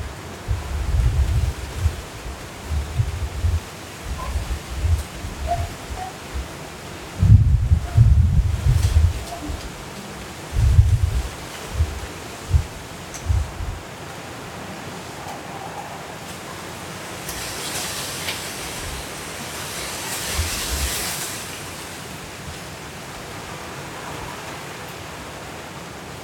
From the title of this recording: Hurricane Kay in Los Cabos at Midnight